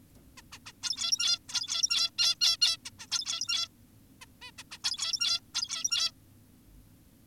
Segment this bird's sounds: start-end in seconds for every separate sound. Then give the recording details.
0.38-0.42, 0.52-0.59, 0.66-0.72, 0.83-1.39, 1.49-2.10, 2.18-2.36, 2.41-2.57, 2.62-2.77, 2.86-2.90, 2.99-3.07, 3.12-3.68, 4.22-4.26, 4.42-4.51, 4.58-4.64, 4.72-4.78, 4.84-5.40, 5.54-6.12. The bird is an adult. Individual g17y2U